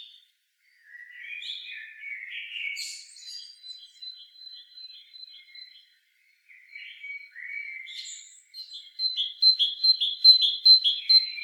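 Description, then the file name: Great tit song: varied chirpy phrases at first, then a rapid run of repeated two-note whistled phrases growing louder. "Parus major"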